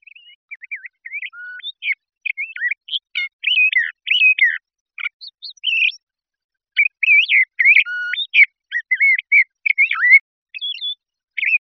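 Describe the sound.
LeConte's thrasher singing a long, varied run of short whistled and chattered phrases separated by brief pauses, with no other sounds.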